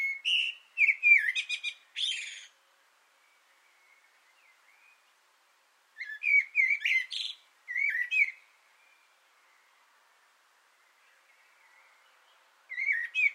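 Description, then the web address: Common blackbird song: fluted warbling phrases followed by high squeaky twitters, two phrases separated by a long pause, a third beginning at the end. Sung from an antenna, 6 June 2025. "sammel Naturinspelningar Koltrast på antennen 2025 06 06"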